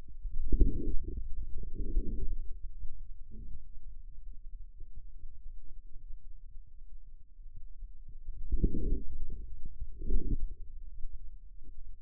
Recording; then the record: forearm muscle sounds (acoustic myography)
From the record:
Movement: outward rotation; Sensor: system 2, bracelet of six BSWA MPA416 microphones around the upper forearm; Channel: 6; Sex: male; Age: 22 years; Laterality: right